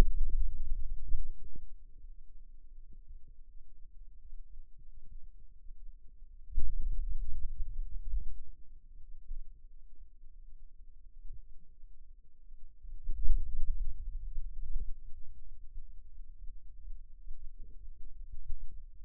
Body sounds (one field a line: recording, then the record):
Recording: forearm muscle sounds (acoustic myography)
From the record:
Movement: hand opening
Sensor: system 2, bracelet of six BSWA MPA416 microphones around the upper forearm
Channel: 6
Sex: male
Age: 22 years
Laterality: right